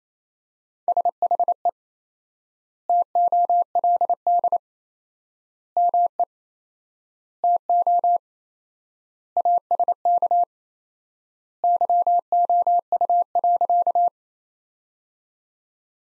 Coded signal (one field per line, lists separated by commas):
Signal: Morse code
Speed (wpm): 28 wpm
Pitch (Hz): 700 Hz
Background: none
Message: SHE TOLD ME TO ASK YOU.